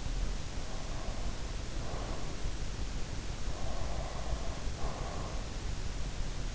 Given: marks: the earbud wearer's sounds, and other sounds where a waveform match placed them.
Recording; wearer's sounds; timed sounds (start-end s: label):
sounds in sleep by an in-ear microphone; breath
0.58-2.64 s: breath
3.46-5.63 s: breath